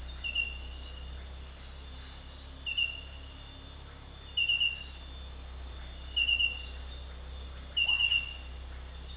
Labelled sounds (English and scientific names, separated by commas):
none